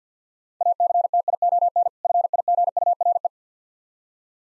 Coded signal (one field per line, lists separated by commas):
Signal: Morse code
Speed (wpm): 50 wpm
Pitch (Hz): 700 Hz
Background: none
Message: ACTION FIGURE